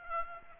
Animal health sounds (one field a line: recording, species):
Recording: mosquito wingbeat signal from an infrared sensor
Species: Aedes aegypti